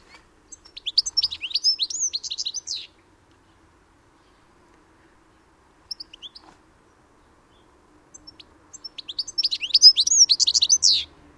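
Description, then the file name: European goldfinch uttering two rapid tinkling twitter bursts, separated by silence and a brief few chirps. "Carduelis carduelis"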